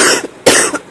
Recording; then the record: coughing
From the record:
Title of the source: 34 coughing up crap again